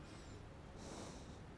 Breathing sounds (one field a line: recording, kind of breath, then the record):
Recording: one breath in and out by a microphone near the nose and mouth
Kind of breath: normal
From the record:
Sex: male